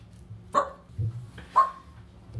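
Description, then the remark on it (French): A dog gives two short, sharp barks about a second apart, fairly loud and mid-pitched, with a dull low thump between them and no one talking. “On va peut-être entendre le chien de temps en temps.”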